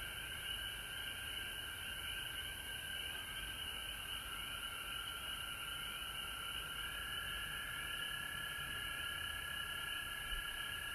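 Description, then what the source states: Frogs calling in a dense chorus, steady overlapping trills in two high bands that run on without a break, over a low background hum. Recorded at home in Georgia on March 19, 2020.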